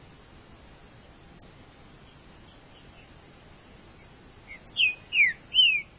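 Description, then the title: Green-winged saltator song starting late: three strong, mostly downward-slurred whistles near the end after mostly quiet background. "Trinca Ferro"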